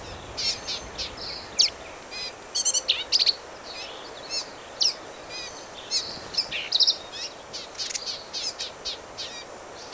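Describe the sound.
Black-capped vireo song made of quick, varied high notes and chattering clusters, repeated in short bursts with little pause between phrases.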